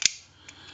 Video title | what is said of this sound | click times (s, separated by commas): Payphone 3 Slot Repair and Conversion www.A1-Telephone.com 618-235-6959 | you hear that click it will stay in that position | 0.1 s